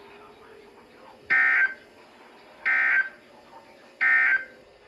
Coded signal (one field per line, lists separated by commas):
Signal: Emergency Alert System (SAME) tones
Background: speech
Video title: 2025 Ohio Statewide Tornado Drill (EAS 2835-2837)